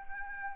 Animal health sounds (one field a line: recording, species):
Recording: mosquito wingbeat signal from an infrared sensor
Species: Anopheles arabiensis